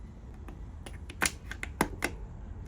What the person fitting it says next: all right that doesn't really screw in it just kind of clicks into place